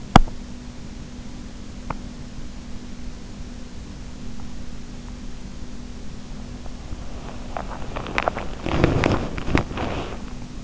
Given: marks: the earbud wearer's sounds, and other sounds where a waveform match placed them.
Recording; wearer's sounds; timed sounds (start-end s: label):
sounds in sleep by an in-ear microphone; teeth grinding, swallowing, body movement
0.00-0.45 s: teeth grinding
1.78-2.09 s: teeth grinding
7.47-7.85 s: swallowing
7.66-10.22 s: body movement
8.08-8.53 s: swallowing
8.96-10.64 s: swallowing